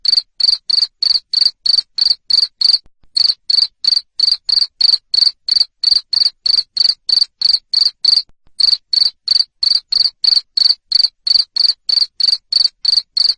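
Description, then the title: Cricket producing a long, even train of loud shrill chirps, around three per second, with two brief pauses over the stretch. Loud cricket chirping played to stimulate lovebirds into singing continuously. "Suara JANGKRIK NGERIK Keras Bikin LOVEBIRD Jadi NGEKEK Terus Vubey"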